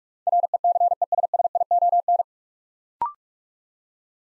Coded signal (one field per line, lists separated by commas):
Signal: Morse code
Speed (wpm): 44 wpm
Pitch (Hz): 700 Hz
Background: none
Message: RECESSION